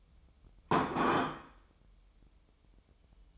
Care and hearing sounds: daily activity, microphone in the room; place plate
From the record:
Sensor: 1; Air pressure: 988.6 hPa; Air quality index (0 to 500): 197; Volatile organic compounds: 937 ppm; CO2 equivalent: 5235 ppm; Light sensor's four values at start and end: 25/93/35/37 and 25/93/35/37

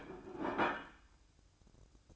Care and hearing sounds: daily activity, microphone in the room; place plate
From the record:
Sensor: 2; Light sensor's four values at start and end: 6/16/6/7 and 6/16/6/7

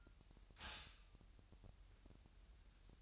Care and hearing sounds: daily activity, microphone in the room; stop toaster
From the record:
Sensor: 2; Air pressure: 1001.9 hPa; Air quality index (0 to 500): 247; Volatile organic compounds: 38 ppm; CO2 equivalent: 3117 ppm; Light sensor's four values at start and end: 9/30/12/11 and 9/30/12/11

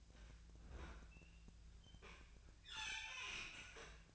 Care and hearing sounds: daily activity, microphone in the room; open fridge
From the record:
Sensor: 2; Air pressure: 1009.5 hPa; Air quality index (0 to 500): 186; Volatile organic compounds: 11 ppm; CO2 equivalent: 2321 ppm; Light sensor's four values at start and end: 25/61/26/29 and 25/61/26/29

